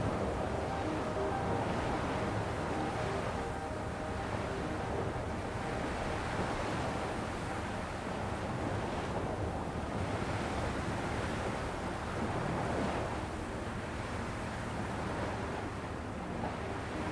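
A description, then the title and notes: Waves wash in a steady, dense roar, swelling gently every few seconds, with fuller surges near 2, 9 and 13 seconds. A windy hiss runs underneath throughout, and faint held tones sit low in the mix during the first half. A SOFT Melody and SOOTHING Waves. A soft melody meets the calming rhythm of the waves.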